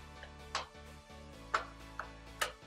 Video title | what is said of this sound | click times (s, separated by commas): MY FIRST RING LIGHT! - Affordable Neewer 18" Dimmable Ring Light | they just snap off | 1.6 s, 2.0 s